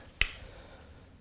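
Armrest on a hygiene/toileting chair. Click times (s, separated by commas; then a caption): 0.2 s. An armrest on a hygiene/toileting chair is pushed down onto the chair's plastic lugs. A single sharp snap is heard at 0.2 seconds, and the armrest clicks into place and is seated.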